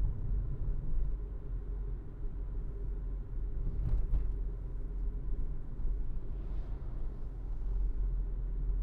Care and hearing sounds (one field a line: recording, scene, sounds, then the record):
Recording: everyday scene through a hearing-aid microphone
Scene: in a vehicle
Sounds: engine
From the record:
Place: Berlingo II, diesel engine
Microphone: behind the ear, left, rear